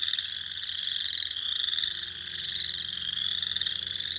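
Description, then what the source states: Dense chorus of spring peepers, countless high piping peeps blending into a constant shrill ringing. Recorded 2021-04-06.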